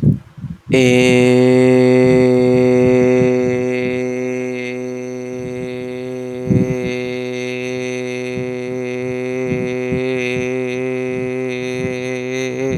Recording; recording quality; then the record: sustained vowel as in made; excellent, no background noise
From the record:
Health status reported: healthy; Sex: male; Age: 21 years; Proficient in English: yes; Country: India